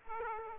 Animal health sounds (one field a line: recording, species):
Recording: mosquito wingbeat signal from an infrared sensor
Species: Aedes aegypti